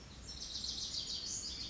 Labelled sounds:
Lazuli Bunting (Passerina amoena)
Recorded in Sonoma County, California

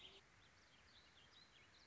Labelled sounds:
Warbling Vireo (Vireo gilvus)
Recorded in Sonoma County, California

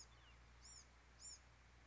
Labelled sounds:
Bewick's Wren (Thryomanes bewickii)
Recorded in Sonoma County, California

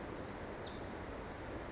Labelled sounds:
Pacific Wren (Troglodytes pacificus)
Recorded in Sonoma County, California

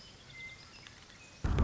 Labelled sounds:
Western Meadowlark (Sturnella neglecta)
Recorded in Sonoma County, California

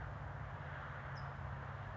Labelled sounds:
California Towhee (Melozone crissalis)
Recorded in Sonoma County, California

